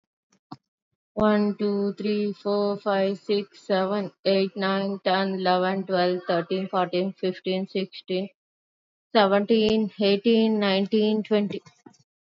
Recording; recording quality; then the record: counting at a normal pace; excellent, no background noise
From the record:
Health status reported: recovered from COVID-19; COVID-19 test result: negative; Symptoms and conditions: cough, fever, muscle pain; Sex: female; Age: 36 years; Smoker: not ticked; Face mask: worn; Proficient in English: yes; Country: India